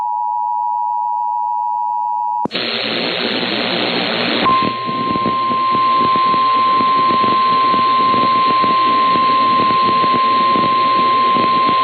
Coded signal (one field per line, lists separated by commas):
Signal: Emergency Alert System (SAME) tones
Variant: 853 and 960 Hz attention tone